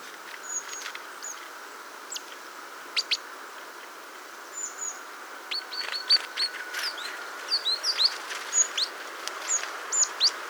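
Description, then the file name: Great tit calls: scattered short, high chirps and thin whistled notes, sparse at first and then coming faster in the second half, over a steady hiss. "Parus major"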